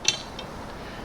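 A spring-loaded metal tie-down anchor is pushed into the opening of a mounted vehicle roof or cargo track rail. A sharp metallic clack sounds at 0.1 s, followed by a fainter click at 0.4 s, against a quiet background. The anchor locks in place in the track.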